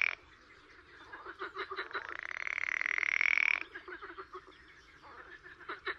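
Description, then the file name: Pool frog calling, scattered short croaks around one sustained buzzing trill lasting about a second and a half, then more irregular croaks. "grenouille de lessona"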